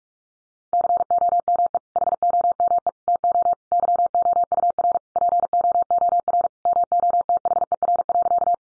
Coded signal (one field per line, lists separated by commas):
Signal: Morse code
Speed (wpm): 44 wpm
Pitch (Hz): 700 Hz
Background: none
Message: COME HOME TO YOUR POOR MOTHER.